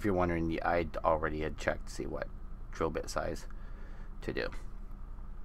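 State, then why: Not seated. Someone talks while handling a small resin part for a 1/72 scale FAZZ model head by UtopiaCast, about to be pressed into a freshly drilled hole in the head. Only faint background noise follows the speech, with a brief soft tick right at the end. Nothing has seated or clicked yet.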